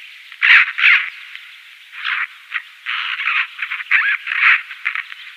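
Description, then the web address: Eurasian magpie song, a series of scratchy, grating chatter notes and rough bursts at irregular intervals. "Schulze Peter Eurasian Magpie song"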